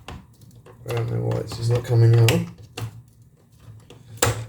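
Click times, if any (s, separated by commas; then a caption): 4.2 s. Someone talks while working at a stuck metal retaining clip holding a panel meter in the front panel of an SE 612b electronics unit that is being rebuilt, with faint scrapes and taps under the speech. At 4.2 s a loud, sharp click rings out as the clip finally pops free and releases.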